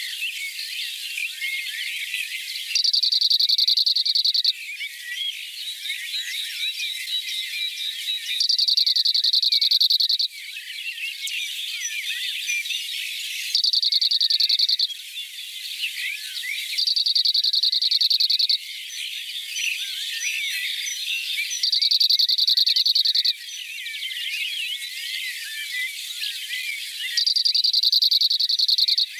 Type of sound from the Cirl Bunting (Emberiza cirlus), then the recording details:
song. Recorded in the wild. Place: Ebringen /Breisgau-Hochschwarzwald, Baden-Württemberg, DE. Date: 1985-06-02. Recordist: Schwarz, Dieter